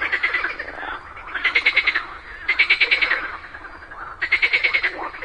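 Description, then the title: Frogs croaking in chorus, short buzzy pulsed trills in repeated bursts, with quieter calling between bursts. A group of frogs calling together just after daytime rain. "Just after it rained during the day, a group of frogs happily cooperated perfectly, creating a symphony of nature."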